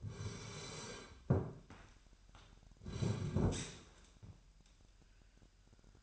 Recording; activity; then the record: daily activity, microphone in the room; sit down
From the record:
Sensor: 2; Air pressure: 998.3 hPa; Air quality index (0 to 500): 128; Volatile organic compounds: 3 ppm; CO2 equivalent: 1452 ppm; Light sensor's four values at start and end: 6/13/6/6 and 7/17/7/7